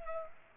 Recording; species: mosquito wingbeat signal from an infrared sensor; Culex pipiens